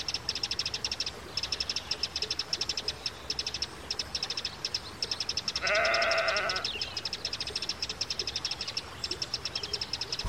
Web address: country scene sheep and lambs birdsong and stream meadow